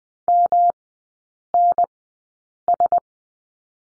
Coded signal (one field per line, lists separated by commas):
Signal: Morse code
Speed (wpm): 20 wpm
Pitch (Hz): 700 Hz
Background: none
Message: MNS